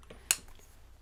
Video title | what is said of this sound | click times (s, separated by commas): New Galen Leather Cases & New Sheaffer Legacy! LIVE! | Click. Ooh, yeah. | 0.3 s